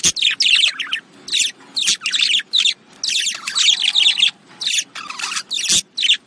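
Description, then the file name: Budgerigar chattering in choppy bursts of scratchy squeaks and warbles, pausing briefly between phrases, with a low background hum and a couple of clicks. "Budgie Sounds"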